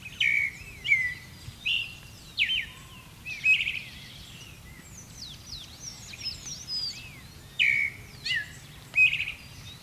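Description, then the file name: Creamy-bellied thrush calling in short, clear phrases of slurred whistled notes at irregular intervals, with a pause before a few more phrases. "Turdus amaurochalinus - Creamy-bellied Thrush"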